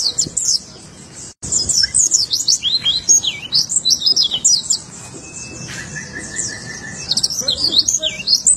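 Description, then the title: White-eye song, high slurred twitters in quick bursts, with a level thin tone and a lower steady whistle in the second half. "Pleci"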